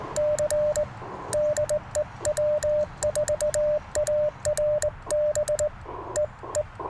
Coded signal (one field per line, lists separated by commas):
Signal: Morse code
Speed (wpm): 20 wpm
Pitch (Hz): 590 Hz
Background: radio noise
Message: C DE W4ARB EE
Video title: Morning Morse Code - 12/18/2024